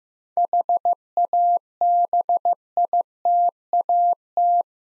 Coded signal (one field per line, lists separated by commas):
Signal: Morse code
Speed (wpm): 15 wpm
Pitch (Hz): 700 Hz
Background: none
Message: HABITAT